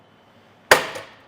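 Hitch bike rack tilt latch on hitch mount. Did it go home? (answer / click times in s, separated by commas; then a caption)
yes / 0.7 s. A tilted Inno Tire Hold HD hitch bike rack for two electric bikes, mounted on the hitch of a 2023 Kia Sportage, is lifted back up to its upright position. After quiet, its metal tilt latch clicks into place with one sharp, bright snap at 0.7 s, followed by a short metallic ring that fades by about 1.1 s. The rack is latched back in its seated position.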